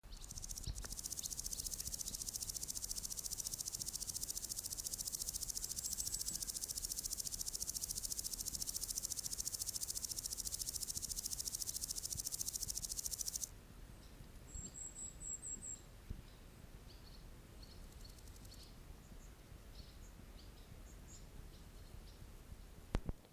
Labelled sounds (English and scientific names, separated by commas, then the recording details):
Common Green Grasshopper (Omocestus viridulus) stridulation
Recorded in the wild
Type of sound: stridulation
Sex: male
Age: imago
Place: Summt, Grundstück, Brandenburg, DE
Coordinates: 52.6931, 13.3619
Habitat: Garten, Wiese
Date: 1971-07-25 15:43
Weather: bedeckt, etwas gewittrig, ca. 28°C
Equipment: Uher 4000 Report-Monitor, Sennheiser MD 421
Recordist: Tembrock, Günter
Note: Summt, Grundstück - Wiese: Stridulation, später wechselt das Tier mehrfach den Ort, striduliert aber nicht mehr (als Beleg 3 gefangen) - Individuum 152